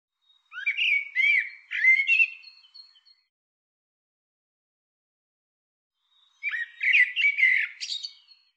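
Bird giving two phrases of rapid, squeaky chirping and slurred whistles, separated by a few seconds of silence.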